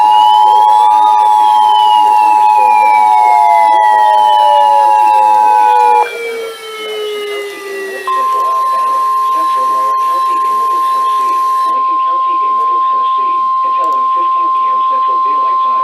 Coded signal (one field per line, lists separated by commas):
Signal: Emergency Alert System (SAME) tones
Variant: 853 and 960 Hz attention tone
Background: speech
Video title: NOAA Radio (EAS # 419 443) Alerts From 6/28/18